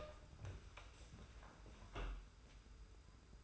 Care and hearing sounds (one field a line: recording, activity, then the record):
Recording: daily activity, microphone in the room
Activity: open door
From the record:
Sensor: 2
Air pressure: 991.5 hPa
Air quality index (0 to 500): 145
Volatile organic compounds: 334 ppm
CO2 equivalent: 4552 ppm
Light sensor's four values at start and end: 31/94/37/35 and 31/94/37/34